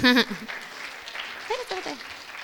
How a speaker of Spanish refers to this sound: Y le voy a pedir a mi amigo que pase y les voy a pedir a ustedes que escuchen su testimonio. ¿Cómo él es que ha recibido algo grande en gracia? Denle un aplauso